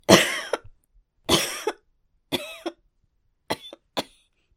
Woman coughing.